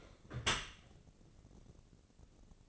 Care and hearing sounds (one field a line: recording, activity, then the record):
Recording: daily activity, microphone in the room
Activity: close dishwasher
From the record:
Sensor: 4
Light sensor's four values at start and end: 76/187/78/79 and 76/188/78/80